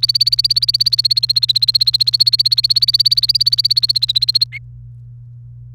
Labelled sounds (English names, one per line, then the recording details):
Domestic Canary song
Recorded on 29 April 2018 at 14:33
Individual llb3